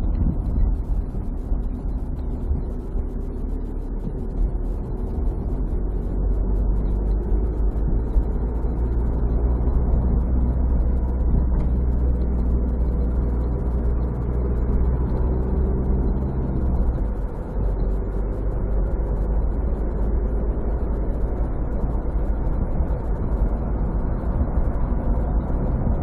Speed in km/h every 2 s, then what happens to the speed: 31, 27, 32, 35, 37, 40, 43, 46, 46, 52, 55, 57, 59.
3-21 speeds up to 57.